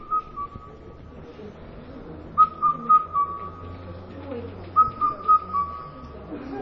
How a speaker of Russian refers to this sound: Вот это индийский звук индийской кукушки.